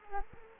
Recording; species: mosquito wingbeat signal from an infrared sensor; Culex quinquefasciatus